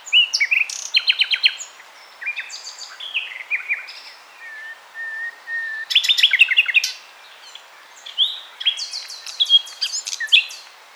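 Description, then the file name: Common nightingale singing varied phrases, rapid rattling note series, a run of soft drawn-out whistled notes, then loud fast trills and rising whistles. "Luscinia megarhynchos"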